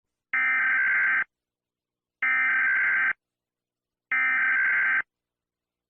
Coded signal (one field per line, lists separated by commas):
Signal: Emergency Alert System (SAME) tones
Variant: header bursts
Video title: EAS Scneario 5: Hazbin Hotel Horror Mayhem III